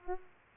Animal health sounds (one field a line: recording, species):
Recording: mosquito wingbeat signal from an infrared sensor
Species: Culex pipiens